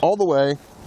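An aluminum telescoping ladder is being extended all the way, with each section's lock meant to engage in the ladder rail. Someone talks briefly, then only faint low background noise remains. No section lock has seated or clicked yet.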